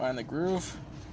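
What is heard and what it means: An LED reverse bulb socket is put back into the tail light housing of a 2013–2017 Honda Civic and lined up with the groove, ready to be turned to the right to lock. Someone talks over faint handling noise and a low background hum. Nothing has seated or clicked yet.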